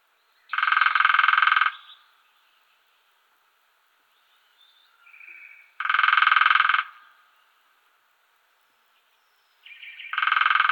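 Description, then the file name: Lesser spotted woodpecker drumming: three even, rapid drum rolls of about a second each, several seconds apart, the third cut off at the end, with faint softer sounds between. "Kleinspecht"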